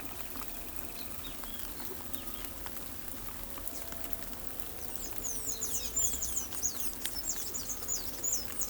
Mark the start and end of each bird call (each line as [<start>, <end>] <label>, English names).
[0.96, 2.57] Great Kiskadee
[4.78, 8.69] Blue-gray Tanager